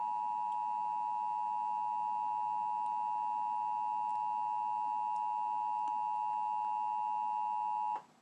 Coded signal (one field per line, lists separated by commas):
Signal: Emergency Alert System (SAME) tones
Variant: 853 and 960 Hz attention tone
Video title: Another EAS Amber Alert Activation [Chicago, IL] (11-16-2020)